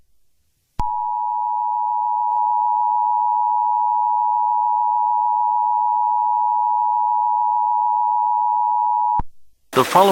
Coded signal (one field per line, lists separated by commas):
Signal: Emergency Alert System (SAME) tones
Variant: 853 and 960 Hz attention tone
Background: speech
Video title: EAS scenario #59: Zombie Werewolves Part 2: Demonic Werewolves